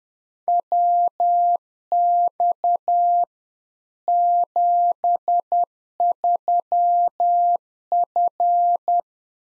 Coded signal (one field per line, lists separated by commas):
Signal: Morse code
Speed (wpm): 10 wpm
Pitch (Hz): 700 Hz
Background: none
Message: WX 73F